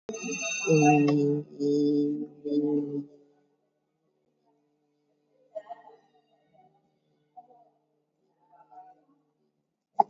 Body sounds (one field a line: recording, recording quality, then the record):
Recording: sustained vowel as in beet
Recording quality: moderate, slight background noise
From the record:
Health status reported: COVID-19 positive, moderate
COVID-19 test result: positive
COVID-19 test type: RT-PCR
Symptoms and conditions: cough, cold, sore throat, fatigue, loss of smell and taste, diabetes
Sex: female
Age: 58 years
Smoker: no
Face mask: worn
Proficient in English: yes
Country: India